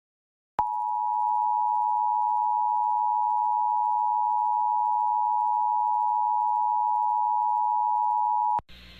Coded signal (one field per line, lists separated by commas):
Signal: Emergency Alert System (SAME) tones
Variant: 853 and 960 Hz attention tone